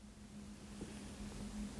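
A plastic upper part, the air collector, of a 1/8 scale Citroën 2CV model kit is placed over the engine using a locating key and handled as it is about to be pushed to clip in. A steady low hum and broadband hiss continue throughout with no sharp impacts, and nothing has seated or clicked yet.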